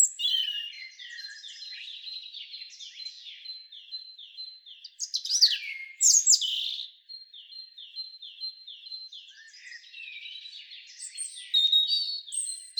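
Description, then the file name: European robin song: long runs of repeated thin downslurred notes broken by loud, sharp bursts and high tinkling phrases. "Erithacus rubecula"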